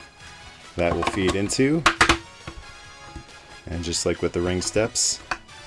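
Someone talks while handling a plastic accessory piece, feeding it toward a space on a Mattel WWE Retro Wrestling Ring Playset (WWF Hasbro style) toy ring, with a brief soft knock around 2.5 s between phrases. The piece has not seated or clicked into place yet.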